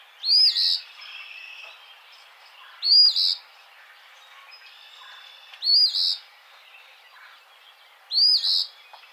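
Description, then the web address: Eastern phoebe singing a buzzy two-part phrase, sharp then rough and burry, repeated four times about every two and a half seconds over faint background hiss. Recorded 9 May 2007. "Eastern Phoebe 2007 05 09"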